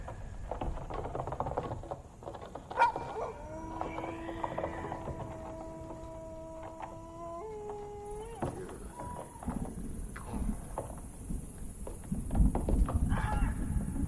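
Eerie village ambience with a low rumbling bed and scattered knocks and clicks. From about three to eight seconds a long, steady wailing tone, like a dog's howl, holds, then bends upward before cutting off. The rumble swells again near the end.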